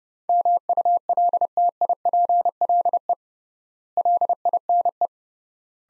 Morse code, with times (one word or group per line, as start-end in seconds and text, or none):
0.3-3.1 MULTIPLE
4.0-5.1 LINE